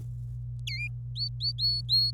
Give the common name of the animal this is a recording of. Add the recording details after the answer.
Domestic Canary. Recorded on 26 April 2018 at 10:42. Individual llb3